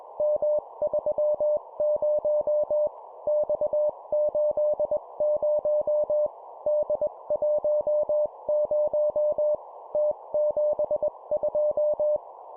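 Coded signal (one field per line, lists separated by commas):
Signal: Morse code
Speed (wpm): 21 wpm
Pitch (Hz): 600 Hz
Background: none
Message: M30 X80 D10 T72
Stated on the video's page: 20 WPM Morse practice of three-character groups: letter, number, number.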